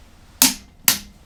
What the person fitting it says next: there's the click